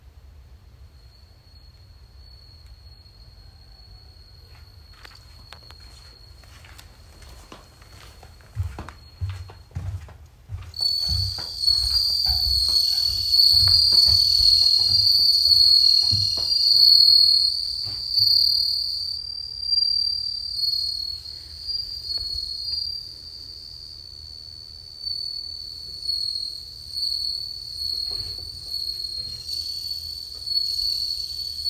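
A bell cricket chirps, faint and thin for the first ten seconds, then from about eleven seconds on it rings out bright in a steady, high, continuous trill. Low thumps and handling knocks cluster between roughly eight and sixteen seconds.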